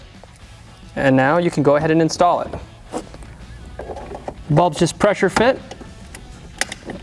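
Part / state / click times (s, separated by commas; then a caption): LED fog light bulb into fog light housing / seated / 6.6 s. Someone talks while a replacement LED fog light bulb is pressure-fit into the fog light housing of a 2015–2020 Chevrolet Colorado, with soft handling noises in between. The bulb seats with a sharp click at 6.6 s, followed by a couple of quieter ticks.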